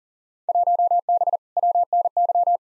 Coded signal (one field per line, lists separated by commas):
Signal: Morse code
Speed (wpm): 40 wpm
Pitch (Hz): 700 Hz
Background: none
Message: 1B WNY